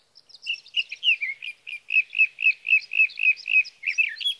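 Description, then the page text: Sage thrasher singing a steady series of repeated warbled notes, roughly four per second, ending in a quicker jumbled flourish. Male singing through the night near his night roost, evenings June 12 to mornings June 15, 2018, Sierra Valley, California; Swift recorder. "61. Sage thrasher songs, through the night."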